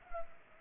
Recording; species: mosquito wingbeat signal from an infrared sensor; Culex pipiens